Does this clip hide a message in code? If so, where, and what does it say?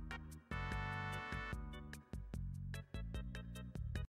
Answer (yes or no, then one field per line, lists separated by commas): no